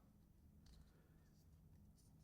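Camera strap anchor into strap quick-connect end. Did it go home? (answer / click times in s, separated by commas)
no / none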